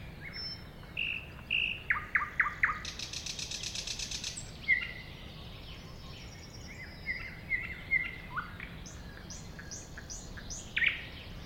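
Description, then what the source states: Thrush nightingale singing: hard clicking notes, a dense rattling series, then scattered whistles and chirps. At a woodland edge next to a lake.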